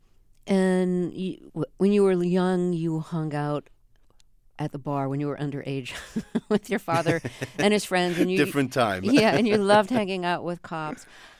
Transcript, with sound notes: and when you were young, you hung out at the bar, when you were underage (laughter), with your father and his friend. And you...
(Laughter) Different time.
Yeah. And you loved hanging out with cops.